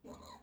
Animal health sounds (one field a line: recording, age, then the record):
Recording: pig call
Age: piglet (1 to 25 days)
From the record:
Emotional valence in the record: negative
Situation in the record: restrain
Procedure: back test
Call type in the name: low-frequency call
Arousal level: low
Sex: male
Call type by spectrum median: low-frequency call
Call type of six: low-frequency stable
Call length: 0.43 s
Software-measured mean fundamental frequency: 71 Hz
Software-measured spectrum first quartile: 348 Hz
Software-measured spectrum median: 861 Hz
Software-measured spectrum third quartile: 1987 Hz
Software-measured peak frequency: 250 Hz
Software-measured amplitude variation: 161 dB a second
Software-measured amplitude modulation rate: 25.8 a second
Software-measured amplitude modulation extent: 6.3 dB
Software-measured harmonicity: 2.2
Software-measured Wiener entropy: -1.65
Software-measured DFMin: 544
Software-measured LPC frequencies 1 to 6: 455, 1017, 2050, 4060, 6928, 9114 Hz